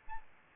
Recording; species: mosquito wingbeat signal from an infrared sensor; Aedes albopictus